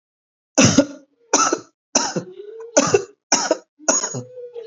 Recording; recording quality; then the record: heavy voluntary cough; excellent, no background noise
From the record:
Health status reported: recovered from COVID-19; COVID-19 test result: positive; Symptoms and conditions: muscle pain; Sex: male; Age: 42 years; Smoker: not ticked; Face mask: not worn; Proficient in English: yes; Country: India